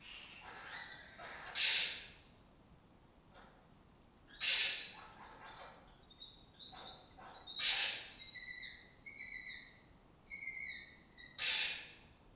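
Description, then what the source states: Lesser kestrel calls, loud harsh rasping screeches about every three seconds, with softer chattering, stuttered notes between them. Colony of migratory lesser kestrels breeding in an abandoned building in Doñana, southern Europe; they forage in West Africa.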